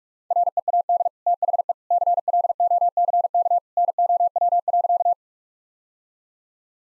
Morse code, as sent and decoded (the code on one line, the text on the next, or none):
.-. . .- -.. / - .... . / -.-. .-.. --- -.-. -.- / -. --- .-- .-.-.-
READ THE CLOCK NOW.